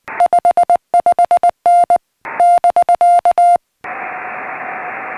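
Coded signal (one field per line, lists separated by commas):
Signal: Morse code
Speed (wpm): 19 wpm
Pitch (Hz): 700 Hz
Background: radio noise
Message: 55N <BK>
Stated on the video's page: Summits on the Air CW activation in the field, keyed with prototype circuit-board CW paddles from a kit, on an FT-817ND transceiver.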